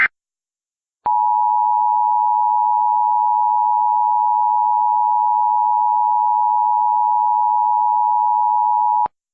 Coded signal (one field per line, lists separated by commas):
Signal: Emergency Alert System (SAME) tones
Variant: 853 and 960 Hz attention tone